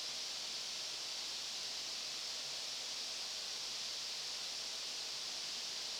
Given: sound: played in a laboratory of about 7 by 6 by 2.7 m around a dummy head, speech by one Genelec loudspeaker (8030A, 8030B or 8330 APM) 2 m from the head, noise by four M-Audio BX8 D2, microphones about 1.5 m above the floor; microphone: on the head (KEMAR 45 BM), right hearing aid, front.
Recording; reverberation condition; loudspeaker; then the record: white noise; high; four, about 170 cm from the corners of the room and facing them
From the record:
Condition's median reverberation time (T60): about 1300 ms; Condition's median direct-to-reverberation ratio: about -4.0 dB